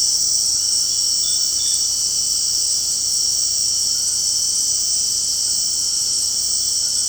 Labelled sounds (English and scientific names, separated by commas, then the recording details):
none
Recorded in secondary vegetation near Puerto Asís, Putumayo, Colombia, on 18 February 2024 at 20:00
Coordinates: 0.489, -76.322
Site G6419